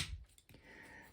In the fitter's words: yep, they will click into place.